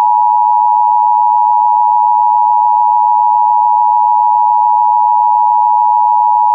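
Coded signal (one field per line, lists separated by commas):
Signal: Emergency Alert System (SAME) tones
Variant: 853 and 960 Hz attention tone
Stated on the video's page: SAME tones from NOAA Weather Radio during a severe weather outbreak across Montana, North Dakota and South Dakota.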